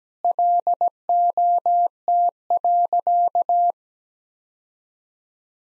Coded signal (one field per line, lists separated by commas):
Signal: Morse code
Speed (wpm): 17 wpm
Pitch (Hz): 700 Hz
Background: none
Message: LOT.